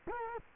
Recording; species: mosquito wingbeat signal from an infrared sensor; Culex quinquefasciatus